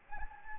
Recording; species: mosquito wingbeat signal from an infrared sensor; Anopheles gambiae